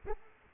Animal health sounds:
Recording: mosquito wingbeat signal from an infrared sensor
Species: Aedes aegypti

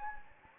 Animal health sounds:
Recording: mosquito wingbeat signal from an infrared sensor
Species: Anopheles gambiae

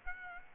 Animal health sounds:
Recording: mosquito wingbeat signal from an infrared sensor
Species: Aedes aegypti

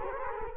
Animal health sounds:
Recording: mosquito wingbeat signal from an infrared sensor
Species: Culex quinquefasciatus

